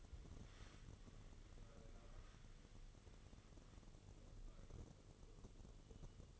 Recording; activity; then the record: daily activity, microphone in the room; wipe stove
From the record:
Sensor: 4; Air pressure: 1015.9 hPa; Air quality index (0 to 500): 130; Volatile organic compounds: 3 ppm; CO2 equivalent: 1466 ppm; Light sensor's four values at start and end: 9/19/7/7 and 9/19/7/7